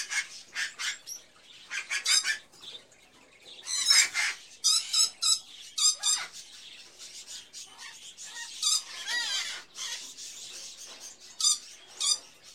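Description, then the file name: Busy mix of birds, harsh chattering squawks and thin chirps overlapping steadily. Various birds in a pet shop, ambience. "Sound Ideas 2000 Series - Birds, Various Birds In A Pet Shop, Ambience"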